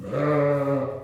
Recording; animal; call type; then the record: contact call of a hoofed animal; sheep; low-frequency (closed-mouth) or high-frequency (open-mouth) call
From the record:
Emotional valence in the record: negative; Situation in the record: short social isolation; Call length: 1.04 s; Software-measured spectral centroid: 1200 Hz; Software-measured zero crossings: 1100 a second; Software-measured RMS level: -24 dBFS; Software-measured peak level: -11 dBFS